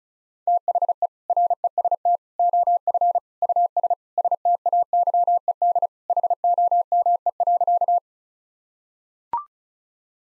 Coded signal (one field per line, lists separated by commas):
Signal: Morse code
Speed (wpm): 36 wpm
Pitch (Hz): 700 Hz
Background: none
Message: THE REST OF US STAYED HOME.